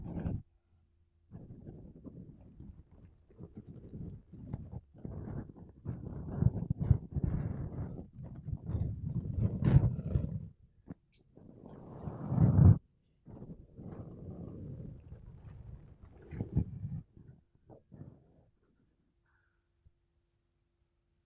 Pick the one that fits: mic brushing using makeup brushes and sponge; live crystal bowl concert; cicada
mic brushing using makeup brushes and sponge